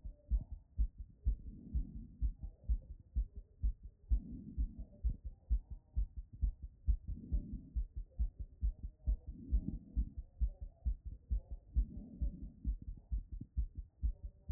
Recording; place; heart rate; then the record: heart sounds by stethoscope; Erb's point; 132 bpm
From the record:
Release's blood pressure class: hypertension stage 1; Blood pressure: 129/81 mmHg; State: after exercise